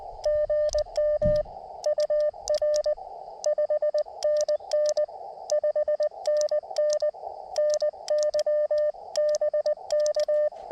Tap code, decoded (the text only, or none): none